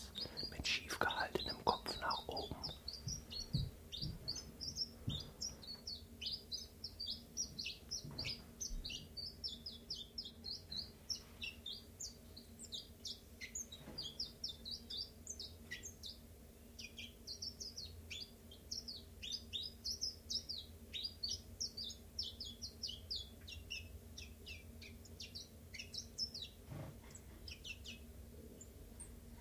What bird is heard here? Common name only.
Common Chiffchaff